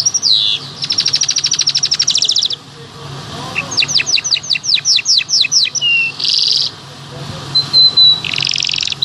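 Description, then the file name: Bimaculated lark song with a dry rattling trill, a series of quick downslurred whistles, then buzzy bursts and a thin high whistle over a low hum. "sound black bimaculated lark"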